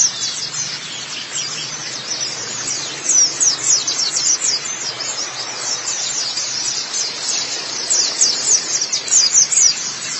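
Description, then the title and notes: White-eye song, a continuous stream of very high, thin chirps and twitters with louder bursts toward the end, over a steady hiss. "Kicauan Burung Pleci Durasi Panjang. Suara kicauan burung pleci"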